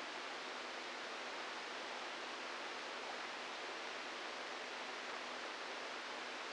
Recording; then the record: brain microelectrode recording played as sound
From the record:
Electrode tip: inside the subthalamic nucleus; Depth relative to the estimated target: -2 mm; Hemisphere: right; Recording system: NeuroSet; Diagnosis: Parkinson's disease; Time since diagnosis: 8 years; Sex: male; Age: 46 years